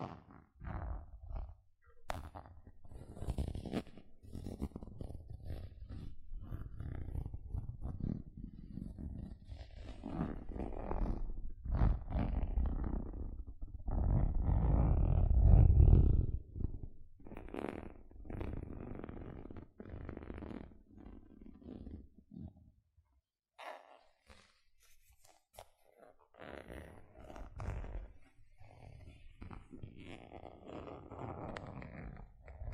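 Gentle scratching plays in short, irregular strokes over a deep, rumbling undertone that swells to its loudest around fifteen seconds. The sound thins out and nearly stops for a moment after twenty-three seconds, then the soft scratching resumes in quicker bursts.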